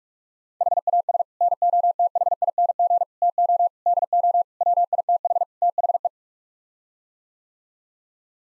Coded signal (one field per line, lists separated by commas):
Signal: Morse code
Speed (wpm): 46 wpm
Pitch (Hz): 700 Hz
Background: none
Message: HAS NOTHING TO DO WITH THE